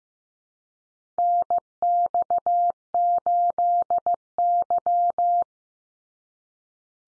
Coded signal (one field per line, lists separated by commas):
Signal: Morse code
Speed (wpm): 15 wpm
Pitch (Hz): 700 Hz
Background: none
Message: NX8Y